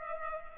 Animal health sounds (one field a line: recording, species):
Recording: mosquito wingbeat signal from an infrared sensor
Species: Culex pipiens